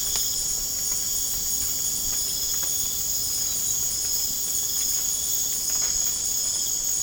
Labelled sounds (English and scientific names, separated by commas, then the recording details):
none
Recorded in pastures near Puerto Asís, Putumayo, Colombia, on 25 June 2025 at 02:00
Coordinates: 0.496, -76.326
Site GP01